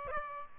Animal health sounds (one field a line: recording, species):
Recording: mosquito wingbeat signal from an infrared sensor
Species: Aedes albopictus